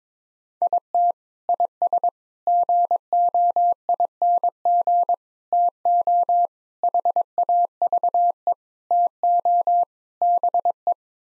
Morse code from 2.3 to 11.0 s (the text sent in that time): GOING TO HAVE TO BE